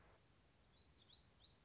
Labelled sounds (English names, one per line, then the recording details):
Black-throated Gray Warbler
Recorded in Sonoma County, California